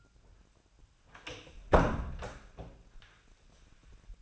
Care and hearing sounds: daily activity, microphone in the room; close door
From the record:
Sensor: 2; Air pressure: 1009.1 hPa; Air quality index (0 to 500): 174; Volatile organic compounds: 2 ppm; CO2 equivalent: 1264 ppm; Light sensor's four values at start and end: 35/90/39/41 and 34/90/38/41

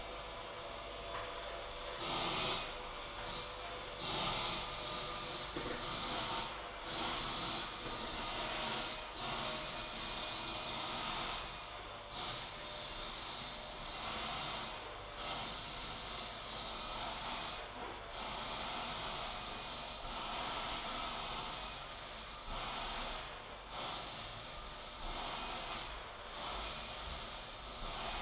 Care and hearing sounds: daily activity, microphone in the room; vacuum cleaning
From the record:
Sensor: 5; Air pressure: 992.0 hPa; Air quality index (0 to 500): 175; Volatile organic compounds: 621 ppm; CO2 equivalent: 4959 ppm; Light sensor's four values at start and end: 30/103/38/40 and 30/104/38/41

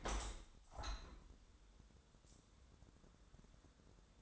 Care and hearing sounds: daily activity, microphone in the room; open window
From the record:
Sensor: 3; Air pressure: 1000.4 hPa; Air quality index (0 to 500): 171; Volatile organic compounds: 3 ppm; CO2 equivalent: 1481 ppm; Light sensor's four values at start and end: 13/34/13/15 and 14/35/14/16

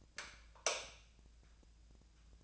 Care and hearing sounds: daily activity, microphone in the room; light off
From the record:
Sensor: 2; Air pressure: 999.9 hPa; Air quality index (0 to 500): 117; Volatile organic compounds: 2 ppm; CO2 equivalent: 1007 ppm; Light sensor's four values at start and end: 36/96/40/44 and 31/79/33/38

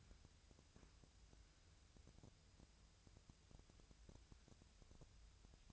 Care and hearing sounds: daily activity, microphone in the room; wipe stove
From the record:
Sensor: 2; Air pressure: 1001.4 hPa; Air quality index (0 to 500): 225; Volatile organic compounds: 25 ppm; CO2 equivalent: 2825 ppm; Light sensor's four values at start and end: 7/26/10/9 and 7/26/10/9

